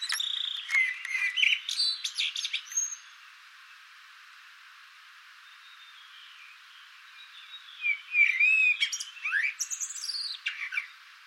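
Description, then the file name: Eurasian blackbird song: mellow whistled notes break into a high, squeaky twittering flourish, then a pause of several seconds before another warbled phrase ends in scratchy high notes. "Turdus merula"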